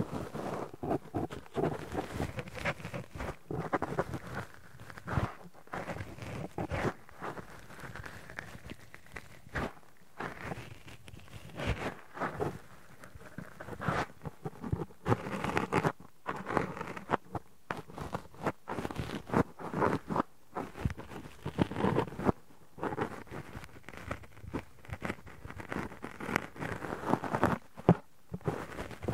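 Cotton and tweezers make dense, rapid scratching and rustling, busy and uneven throughout, with frequent short pauses and soft crackly bursts.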